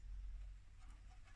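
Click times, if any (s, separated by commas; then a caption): none. A wiring connector is handled and pushed toward its clip or socket on a Honda GX160 small engine after the cables are tucked in. Only low rumble and faint, scattered handling noise are heard, with no sharp hit. Nothing has seated or clicked yet.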